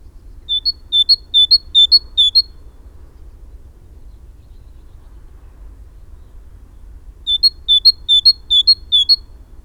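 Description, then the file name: Great tit song in two bursts of several see-saw double notes each, low then high, separated by several seconds of quiet with a faint background rumble. "Parus major"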